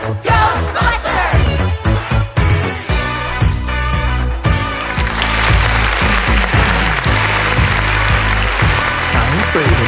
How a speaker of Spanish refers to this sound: Aplausos para todos.